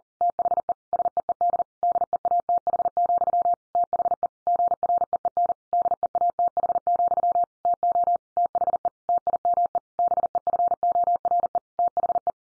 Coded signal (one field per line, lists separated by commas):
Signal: Morse code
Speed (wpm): 40 wpm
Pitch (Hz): 700 Hz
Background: none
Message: THE SEED DEATH, THE GREEN DEATH, TO THE TIME BEFORE THE